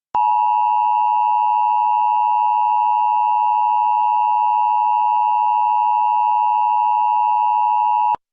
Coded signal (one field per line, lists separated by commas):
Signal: Emergency Alert System (SAME) tones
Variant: 853 and 960 Hz attention tone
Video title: Corrupçao Gadissimo USA EAS Alarm Test